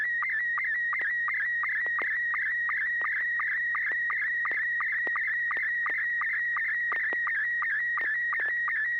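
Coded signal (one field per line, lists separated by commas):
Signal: SSTV (slow-scan television)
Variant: MR90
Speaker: Yeah, I've got uh I've got an image loaded up. N6 YG MR90.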